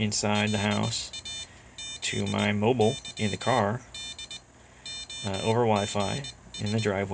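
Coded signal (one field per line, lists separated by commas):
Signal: Morse code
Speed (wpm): 20 wpm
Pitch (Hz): 3600 Hz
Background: speech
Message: LAZY DOGS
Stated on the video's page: Paddle input is simulated; one ESP32 sends each character over wifi to a second ESP32, which turns it back into dits and dahs and keys the transmitter.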